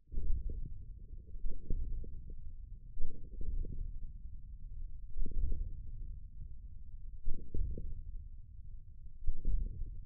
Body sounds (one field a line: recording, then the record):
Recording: forearm muscle sounds (acoustic myography)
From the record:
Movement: hand opening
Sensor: system 1, eight BSWA MPA416 microphones around the upper forearm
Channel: 6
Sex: male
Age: 41 years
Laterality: right